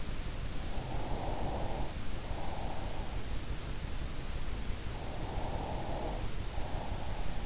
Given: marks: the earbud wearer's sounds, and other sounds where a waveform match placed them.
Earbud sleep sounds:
sounds in sleep by an in-ear microphone; breath
0.37-3.52 s: breath
4.89-7.46 s: breath

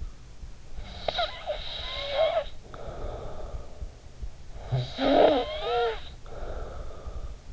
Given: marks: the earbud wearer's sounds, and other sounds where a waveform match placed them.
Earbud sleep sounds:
sounds in sleep by an in-ear microphone; snoring breath
0.58-4.07 s: snoring breath
4.27-7.52 s: snoring breath

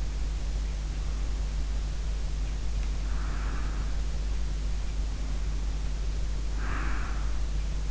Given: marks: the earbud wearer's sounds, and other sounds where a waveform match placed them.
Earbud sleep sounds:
sounds in sleep by an in-ear microphone; breath
0.87-3.99 s: breath
4.97-7.91 s: breath

